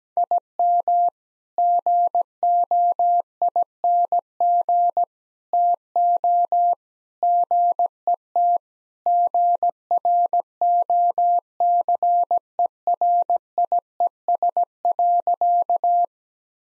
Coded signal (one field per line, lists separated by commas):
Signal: Morse code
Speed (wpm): 17 wpm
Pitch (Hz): 700 Hz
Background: none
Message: IM GOING TO GET GROCERIES.